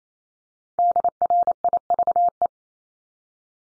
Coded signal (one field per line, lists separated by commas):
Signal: Morse code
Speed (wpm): 28 wpm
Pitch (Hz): 700 Hz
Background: none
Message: DRIVE